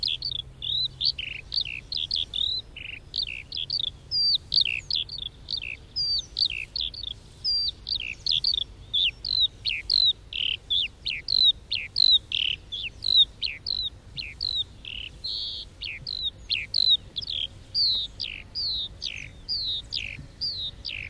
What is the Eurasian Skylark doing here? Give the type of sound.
flight song